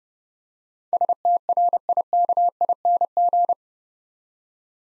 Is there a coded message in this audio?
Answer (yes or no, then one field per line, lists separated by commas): yes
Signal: Morse code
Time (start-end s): 0.9-3.5 s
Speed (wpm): 30 wpm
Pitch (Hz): 700 Hz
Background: none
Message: STRIKING